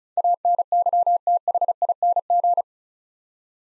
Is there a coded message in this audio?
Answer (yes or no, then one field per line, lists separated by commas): yes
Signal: Morse code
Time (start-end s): 0.2-2.6 s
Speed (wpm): 34 wpm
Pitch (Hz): 700 Hz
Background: none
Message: ANYTHING